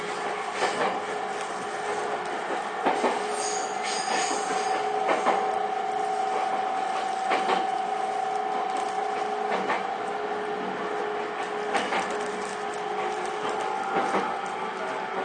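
An E231 series train runs at steady speed, with a constant rumble and a high, sustained motor whine holding one pitch throughout. Clattering knocks from the wheels over rail joints come roughly every two seconds, and the overall level stays even.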